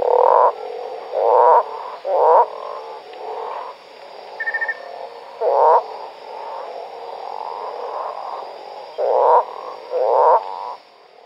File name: Osteocephalus taurinus